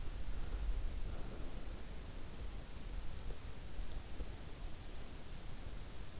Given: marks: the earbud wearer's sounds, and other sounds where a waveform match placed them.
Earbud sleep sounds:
sounds in sleep by an in-ear microphone; breath
0.13-4.65 s: breath

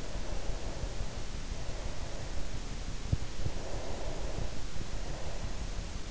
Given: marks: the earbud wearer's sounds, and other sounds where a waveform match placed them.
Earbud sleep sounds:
sounds in sleep by an in-ear microphone; breath
0.02-2.62 s: breath
3.40-5.74 s: breath

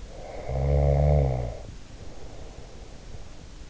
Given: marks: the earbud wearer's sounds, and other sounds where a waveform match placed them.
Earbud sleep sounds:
sounds in sleep by an in-ear microphone; snoring breath
0.02-3.60 s: snoring breath

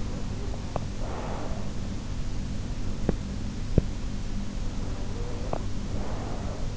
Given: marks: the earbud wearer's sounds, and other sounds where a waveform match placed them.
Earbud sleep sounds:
sounds in sleep by an in-ear microphone; breath
0.17-1.92 s: breath
4.84-6.76 s: breath

